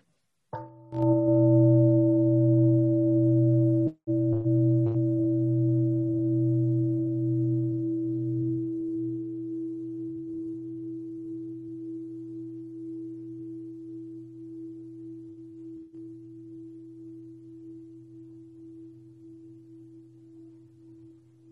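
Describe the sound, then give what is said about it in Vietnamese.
A Buddhist temple bell is struck once by a nun during a dharma talk, giving a deep, sustained ring with steady harmonic tones that fade very slowly over about twenty seconds, heard alone with no talking. “Thì con xin sư cô thỉnh chuông, xin nhớ thỉnh chuông để cho nhiều khi con lâu lâu con thở.”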